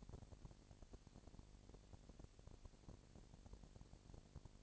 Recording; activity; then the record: daily activity, microphone in the room; no activity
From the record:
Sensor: 5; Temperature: 20.1 degrees Celsius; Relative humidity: 38.2%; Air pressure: 998.9 hPa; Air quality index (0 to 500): 218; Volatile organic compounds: 24 ppm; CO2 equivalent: 2811 ppm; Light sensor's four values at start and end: 2/3/1/1 and 2/3/1/1